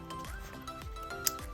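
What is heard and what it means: The third wiring connector is pushed onto its ignition coil on a Citroën C1 during a spark plug change, over steady background music. A softer knock comes at 0.7 s, then a sharp, brief click at 1.3 s as the connector clips in and seats.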